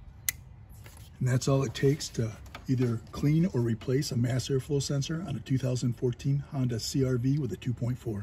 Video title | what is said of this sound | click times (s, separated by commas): How to Replace Mass Airflow Sensor Honda CR-V EX-L | thing we do is plug it in you got to listen for it to click | 0.3 s